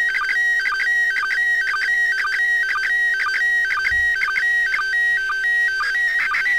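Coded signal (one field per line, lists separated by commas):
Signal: SSTV (slow-scan television)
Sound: warbling tone shifting between two pitches, interrupted by regular short low blips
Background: steady background tones, radio noise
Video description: Using Android app Robot36 and a Baofeng UV-5R to decode Slow Scan TV images from the Internation Space Station commemorating Cosmonaut day!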